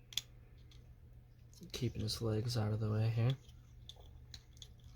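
A plastic transformation panel on a Transformers Studio Series 86-02 Kup action figure body is pushed the rest of the way during its robot-to-vehicle transformation and clicks into place, with two sharp clicks at 0.1 s and 0.2 s. Someone then talks, and a few more faint clicks and taps follow.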